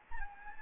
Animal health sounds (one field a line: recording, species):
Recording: mosquito wingbeat signal from an infrared sensor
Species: Anopheles gambiae